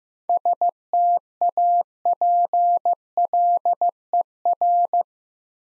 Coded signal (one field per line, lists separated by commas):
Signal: Morse code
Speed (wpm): 15 wpm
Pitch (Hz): 700 Hz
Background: none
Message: STAPLER